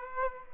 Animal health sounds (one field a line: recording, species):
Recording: mosquito wingbeat signal from an infrared sensor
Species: Aedes aegypti